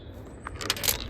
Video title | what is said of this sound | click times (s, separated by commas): LED Numberplate light upgrade - Ford Kuga Mk2.5 | push it till it clicks | 0.7 s